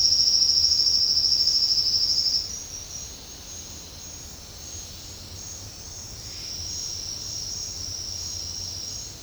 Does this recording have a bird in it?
no